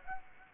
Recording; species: mosquito wingbeat signal from an infrared sensor; Aedes aegypti